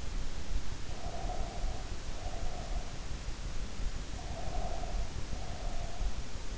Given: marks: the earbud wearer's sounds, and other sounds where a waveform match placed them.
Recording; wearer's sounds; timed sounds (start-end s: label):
sounds in sleep by an in-ear microphone; breath
0.79-3.09 s: breath
4.04-6.15 s: breath